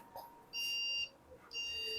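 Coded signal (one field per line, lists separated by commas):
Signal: beep code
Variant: PC BIOS POST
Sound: two half-second high-pitched beeps from a PC speaker, the second cut off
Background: small room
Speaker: 3 long beep. Obvious, no display, not detected.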